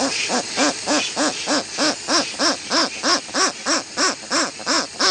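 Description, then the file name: Westland petrel song: a steady run of arched, braying harmonic notes, roughly three each second, evenly spaced and carried on through the whole stretch. "westland black petrel song"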